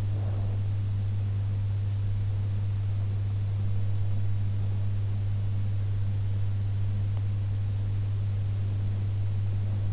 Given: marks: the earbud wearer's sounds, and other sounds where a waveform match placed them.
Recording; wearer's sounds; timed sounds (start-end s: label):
sounds in sleep by an in-ear microphone; breath
0.00-0.78 s: breath